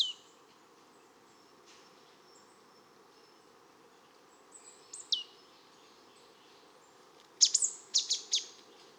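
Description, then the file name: Marsh tit calls: a few high notes mid-way, then a louder burst of several sharp high notes near the end, over steady background noise. "Poecile palustris"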